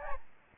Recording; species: mosquito wingbeat signal from an infrared sensor; Aedes albopictus